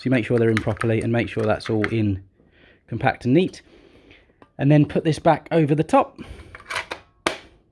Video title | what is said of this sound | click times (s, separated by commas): How To Set Up The Celestron Nexstar 127 SLT | Clicks in place. | 7.3 s